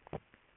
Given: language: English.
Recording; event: throat vibration sensor signal played as sound; swallow